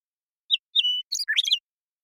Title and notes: BIRDSong Troupials And Allies - Western Meadowlark. Western Meadowlark, Sturnella neglecta, song, contact calls, and flush. Recorded in the beautiful Pacific Northwest in Washington, United States